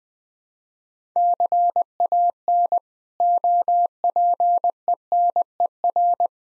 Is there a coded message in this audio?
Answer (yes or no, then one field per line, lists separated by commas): yes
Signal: Morse code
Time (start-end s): 1.2-6.3 s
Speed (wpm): 20 wpm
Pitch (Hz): 700 Hz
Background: none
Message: CAN OPENER